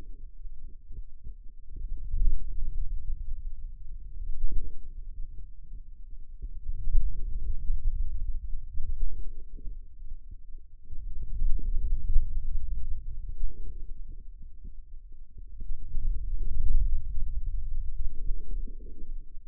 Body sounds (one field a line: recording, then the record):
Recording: forearm muscle sounds (acoustic myography)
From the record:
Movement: hand closing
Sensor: system 2, bracelet of six BSWA MPA416 microphones around the upper forearm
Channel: 5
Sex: male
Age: 22 years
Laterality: right